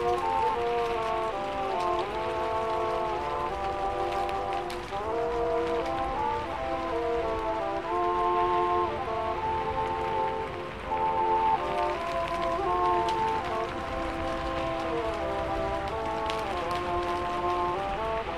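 Steady rain patters constantly while old-style music plays muffled from another room, its sustained mid-range melody lines shifting every second or two.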